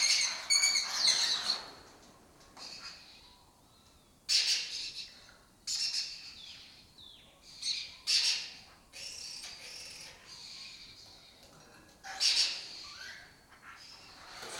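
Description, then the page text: Lesser kestrel loud, scratchy chattering bursts at irregular intervals, with softer chirps and squeaks in the gaps. Lesser kestrel colony occupying an abandoned building complex in Doñana; a migratory raptor that forages in West Africa and breeds in southern Europe. "Lesser Kestrels Took Over an Abandoned Building. A migratory raptor wich spends its foraging time in West Africa and breeds in southern Europe. Here in Doñana"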